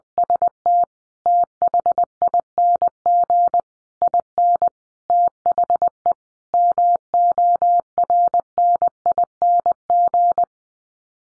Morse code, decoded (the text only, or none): ST THING IN THE MORNING